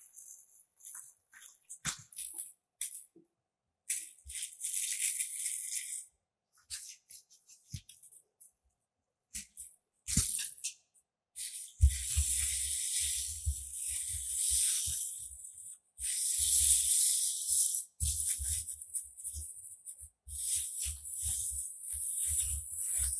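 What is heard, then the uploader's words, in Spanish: Double-sided tape is pressed and stretched to make a bubble, giving crackly, sticky peeling hisses in short bursts during the first ten seconds. After about twelve seconds the stretching becomes longer and more continuous, with soft low thumps underneath. Sonido de la creación de una burbuja de cinta adhesiva Nano Tape o doble contacto. Sonidos de la cinta nano tape.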